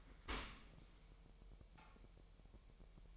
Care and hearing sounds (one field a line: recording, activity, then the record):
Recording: daily activity, microphone in the room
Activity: open dishwasher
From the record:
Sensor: 1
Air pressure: 1000.7 hPa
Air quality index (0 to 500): 249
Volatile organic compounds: 149 ppm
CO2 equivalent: 4019 ppm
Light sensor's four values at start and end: 12/28/11/12 and 12/28/11/12